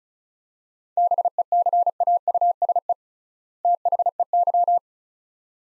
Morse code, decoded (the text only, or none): BECAUSE THEY